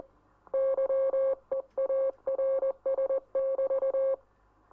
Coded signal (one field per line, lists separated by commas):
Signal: Morse code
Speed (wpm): 20 wpm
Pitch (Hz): 540 Hz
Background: none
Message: YEARS<BT>